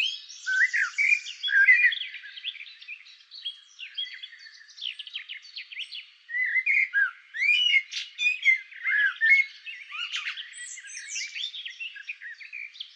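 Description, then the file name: Common blackbird song: fluted, mellow phrases broken by high scratchy twitters, quieter in the middle, then another run of loud phrases. "Turdus merula"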